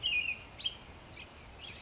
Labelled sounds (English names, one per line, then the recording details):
American Robin
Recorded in Sonoma County, California